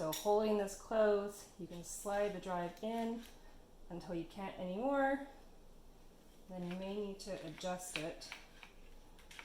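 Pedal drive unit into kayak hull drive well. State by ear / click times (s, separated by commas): seated / 9.4 s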